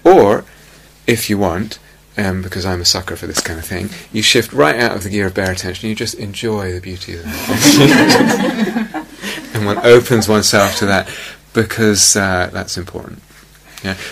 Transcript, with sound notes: Or, if you want, and because I'm a sucker for this kind of thing, you shift right out of the gear of bare attention and you just enjoy the beauty of that. [laughter] And one opens oneself to that, because that's important, yeah?